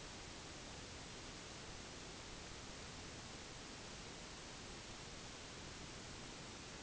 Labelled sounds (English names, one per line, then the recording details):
none
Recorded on Arctic tundra, site NAIT-1, on 1 July 2019
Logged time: 08:00